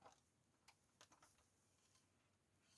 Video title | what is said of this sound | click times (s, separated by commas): Unboxing Toyota MN82 pro 1/12 rc scale crawler #automobile #rc #offroad | Voilà, la prise elle s'enclenche bien, sécurisé. | 1.0 s